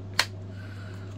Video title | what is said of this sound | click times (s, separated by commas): Reiff Knives F4 Bushcrafter in CPM 3V | the positive click for me to make sure that you know your knife is engaged | 0.2 s